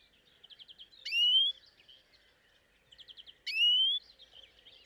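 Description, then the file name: European greenfinch: a short buzzy trill of quick notes leads into a loud, rising whistled call, and the whole sequence repeats after about two and a half seconds. "Chloris chloris"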